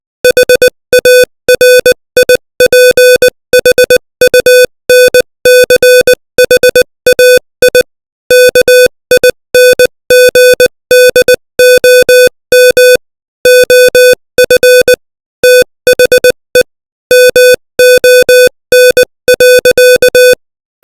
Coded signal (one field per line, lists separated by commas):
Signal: Morse code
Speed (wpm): 20 wpm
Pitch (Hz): 500 Hz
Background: music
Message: HARIPHUNCHAI KINGDOM OF THE MON.